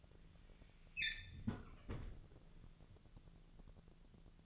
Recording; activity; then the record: daily activity, microphone in the room; close fridge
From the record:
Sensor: 4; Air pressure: 1000.9 hPa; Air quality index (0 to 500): 127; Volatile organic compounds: 1 ppm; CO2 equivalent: 950 ppm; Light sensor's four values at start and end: 28/68/28/31 and 30/73/31/33